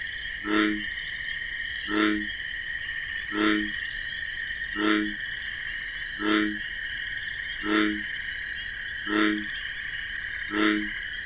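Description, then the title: Bullfrog, eight deep croaks evenly repeated about every 1.4 seconds, while crickets keep up a constant high chirring. Wetland at night among marsh grasses, bullfrog's deep 'jug-o-rum' call amid a continuous chorus of chirping crickets. "Bullfrog Sound. The Wondrous Wetlands"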